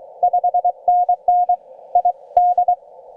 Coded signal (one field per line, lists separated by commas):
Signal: Morse code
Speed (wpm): 21 wpm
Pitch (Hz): 700 Hz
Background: none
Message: 5NN I D